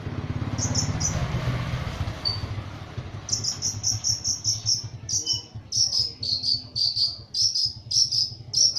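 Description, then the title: Long-tailed shrike song: a quieter start with a few high chirps, then a long series of short high chirps over a low hum. Champion bird. "Kicau Burung Cendet Juara"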